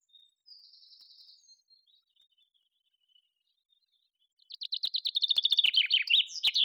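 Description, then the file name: Common chaffinch: faint thin notes open, then a loud common chaffinch song bursts in: rapid chirps tumbling downward and ending in a brisk flourish. "Fringilla coelebs"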